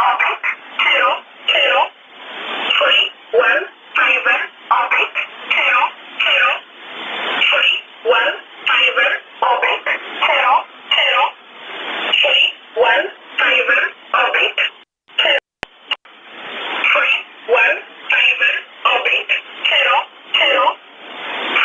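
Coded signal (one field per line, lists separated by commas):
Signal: numbers station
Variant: E11 Oblique, English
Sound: a voice reading short single words at steady, evenly spaced intervals, thin radio tone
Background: radio static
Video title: 29 12 2018 E11 Oblique Numbers station in English to Eu 0805 on 7377 unknown tx site in USB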